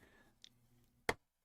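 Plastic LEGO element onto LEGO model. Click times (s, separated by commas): 1.1 s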